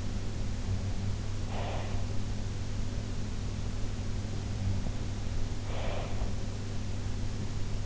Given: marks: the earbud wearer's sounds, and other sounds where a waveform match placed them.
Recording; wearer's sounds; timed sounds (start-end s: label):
sounds in sleep by an in-ear microphone; breath
1.42-2.26 s: breath
5.54-6.28 s: breath